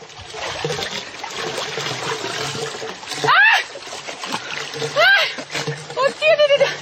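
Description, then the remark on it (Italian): Steady, noisy splashing and churning of water as someone bathes in the ice of a frozen lake, broken by several sharp rising vocal cries and gasps reacting to the cold. “L'acqua, la temperatura, non so, sarà meno 15, non oso pensare.”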